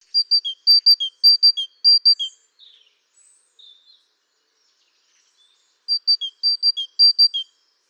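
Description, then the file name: Great tit song: clear, ringing phrases of two high notes then a lower note, repeated about four times, a pause with faint twitters, then the phrase resumes. "Parus major"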